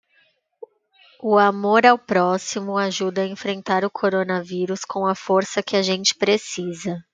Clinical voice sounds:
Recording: spoken sentence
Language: Brazilian Portuguese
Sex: female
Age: 20 to 29 years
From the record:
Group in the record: control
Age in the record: 25 years

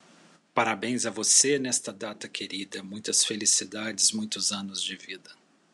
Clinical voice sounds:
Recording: short text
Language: Brazilian Portuguese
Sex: male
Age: 50 to 59 years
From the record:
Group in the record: control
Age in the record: 50 years

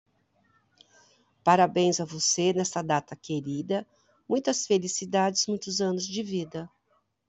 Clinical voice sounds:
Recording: short text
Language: Brazilian Portuguese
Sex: female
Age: 50 to 59 years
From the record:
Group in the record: control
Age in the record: 55 years

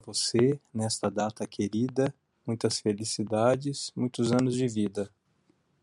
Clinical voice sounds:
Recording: short text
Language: Brazilian Portuguese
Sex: male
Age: 50 to 59 years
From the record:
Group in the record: control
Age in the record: 55 years

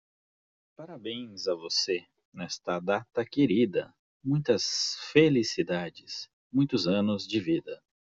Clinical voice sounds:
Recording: short text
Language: Brazilian Portuguese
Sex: male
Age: 40 to 49 years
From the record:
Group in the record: control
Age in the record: 45 years

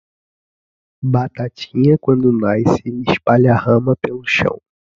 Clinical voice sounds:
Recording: short text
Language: Brazilian Portuguese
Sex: male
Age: 20 to 29 years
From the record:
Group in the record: control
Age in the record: 24 years

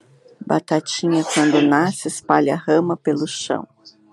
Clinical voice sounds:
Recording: short text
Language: Brazilian Portuguese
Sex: female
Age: 40 to 49 years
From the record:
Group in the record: control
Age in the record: 47 years

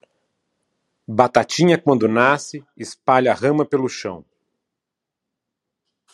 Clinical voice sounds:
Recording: short text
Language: Brazilian Portuguese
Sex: male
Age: 50 to 59 years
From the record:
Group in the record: control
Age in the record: 52 years

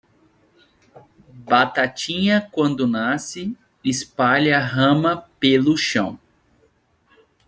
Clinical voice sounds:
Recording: short text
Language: Brazilian Portuguese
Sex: male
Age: 30 to 39 years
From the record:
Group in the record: control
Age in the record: 33 years

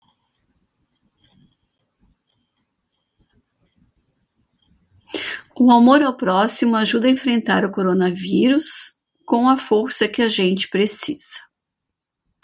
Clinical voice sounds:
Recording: spoken sentence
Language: Brazilian Portuguese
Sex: female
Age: 50 to 59 years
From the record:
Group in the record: control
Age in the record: 57 years

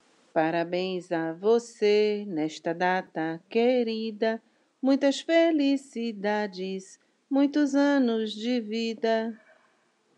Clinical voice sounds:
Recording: short text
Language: Brazilian Portuguese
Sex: female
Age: 50 to 59 years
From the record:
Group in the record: control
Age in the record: 57 years

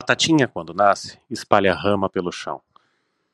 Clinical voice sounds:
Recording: short text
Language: Brazilian Portuguese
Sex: male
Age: 40 to 49 years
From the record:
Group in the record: control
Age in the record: 40 years

